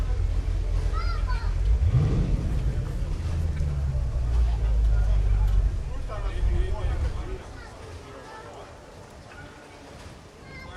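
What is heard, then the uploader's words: Day trippers amble along the waterfront past restaurant diners, a steady mix of overlapping voices and chatter. A heavy low engine rumble, likely a boat, swells around the two-second mark and holds until about seven seconds, then drops away, leaving quieter talk and bright clinks. In Nagu, Finland, on a sunny Sunday afternoon looking out from the pier of the Archipelago Line route Turku–Själö–Nagu, day trippers with dogs and ice-creams, amble past others enjoying early suppers in the waterfront restaurants.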